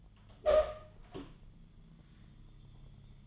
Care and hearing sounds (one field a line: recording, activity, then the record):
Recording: daily activity, microphone in the room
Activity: open door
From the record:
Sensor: 4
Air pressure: 1005.8 hPa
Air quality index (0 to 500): 84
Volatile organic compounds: 2 ppm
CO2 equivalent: 1040 ppm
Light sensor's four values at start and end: 14/31/12/11 and 13/30/12/11